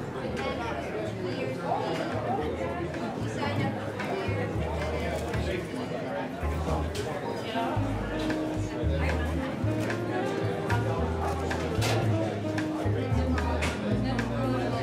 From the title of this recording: Seaside Cafe Ambience - Coffee Shop Sounds, Ocean Sounds